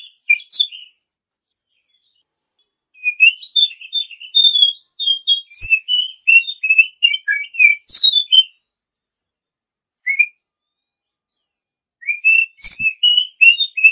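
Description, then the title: Oriental magpie-robin song, long varied bursts of whistled and chattering notes separated by pauses, with a couple of faint clicks. Champion bird. "Kicau Burung Kacer Juara"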